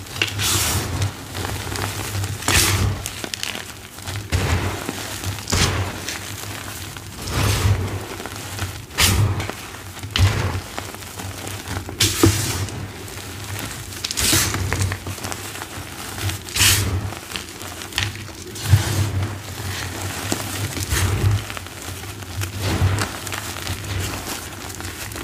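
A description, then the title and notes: Crunching of dyed gym chalk and cornstarch, with sharp bright crackles and crumbles breaking out every second or two over a soft, constant gritty rustle. A low steady hum sits underneath the whole time, and the crunches stay fairly even in loudness throughout. Satisfying flaky lime green dyed gym chalk + deep purple cornstarch crunchies + crunchy reforms + baby oil.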